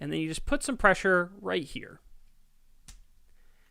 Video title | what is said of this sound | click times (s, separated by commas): Transformers Voyager Siege Apeface: Toy Office Reviews #8 | now you heard that you should have been able to hear that snap | 2.9 s